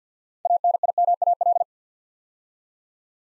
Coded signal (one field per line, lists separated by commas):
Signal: Morse code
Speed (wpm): 52 wpm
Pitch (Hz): 700 Hz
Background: none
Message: ANIMAL